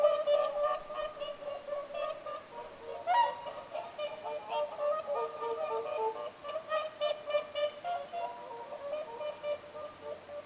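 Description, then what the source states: Whooper swans in a dense calling chorus, many hoarse, trumpeting honks overlapping steadily, with a few louder notes rising above the rest. Several whooper swans calling at Lintulahti, 6 November 2025.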